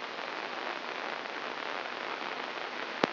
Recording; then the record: brain microelectrode recording played as sound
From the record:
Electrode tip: inside the subthalamic nucleus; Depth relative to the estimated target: 0 mm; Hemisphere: left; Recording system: AlphaMap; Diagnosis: Parkinson's disease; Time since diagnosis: 24 years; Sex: female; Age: 57 years